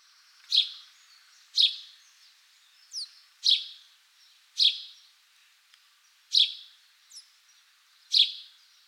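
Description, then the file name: House sparrow chirping, sharp bright chirps repeated every one to two seconds, with a few fainter chirps between them. "Passer domesticus"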